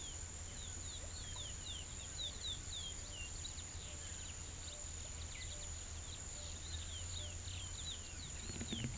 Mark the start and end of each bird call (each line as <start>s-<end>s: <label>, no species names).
0.00s-4.14s: bird call
5.45s-8.97s: bird call